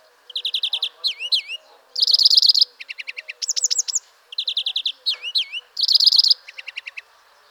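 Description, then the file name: European greenfinch giving bursts of rapid, even trills, alternating with looping up-and-down whistles and short sharp notes, in several phrases with brief pauses between some of them. "Chloris chloris"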